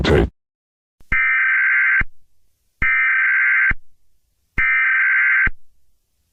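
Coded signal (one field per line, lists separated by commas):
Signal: Emergency Alert System (SAME) tones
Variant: header bursts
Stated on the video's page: Simulated EAS scenario recreating the Moore, Oklahoma F5 tornado.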